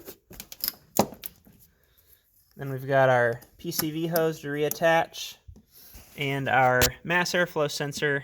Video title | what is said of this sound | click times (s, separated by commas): 2008 Mazda6 Shift Cable Replacement | we'll attach our hose here and it should press down and snap into place | 0.7 s, 1.0 s